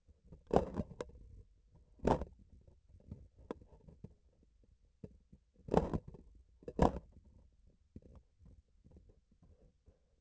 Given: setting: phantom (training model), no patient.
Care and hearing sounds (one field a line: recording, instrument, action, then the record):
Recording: laparoscopic instrument, vibration sensor on the handle end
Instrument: grasping forceps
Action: opening and closing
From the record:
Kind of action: tool actuation without material contact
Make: other than Olympus